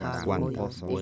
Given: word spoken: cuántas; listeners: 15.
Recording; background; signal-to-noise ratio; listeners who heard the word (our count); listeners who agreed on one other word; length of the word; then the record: one Spanish word in noise, from a listening test; four-talker babble; -0.7 dB; 0 of 15; 7 of 15; 0.62 s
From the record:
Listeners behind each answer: 7, 2, 1, 1, 1, 1, 1, 1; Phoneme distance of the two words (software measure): 17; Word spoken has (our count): 2 syllables, 7 phonemes, stress on syllable 1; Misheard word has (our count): 2 syllables, 6 phonemes, stress on syllable 1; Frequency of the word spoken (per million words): 16.64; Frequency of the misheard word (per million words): 252.48